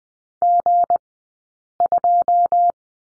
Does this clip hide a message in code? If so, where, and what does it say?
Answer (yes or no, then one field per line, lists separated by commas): yes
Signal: Morse code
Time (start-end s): 0.4-2.7 s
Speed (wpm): 20 wpm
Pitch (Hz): 700 Hz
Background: none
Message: G2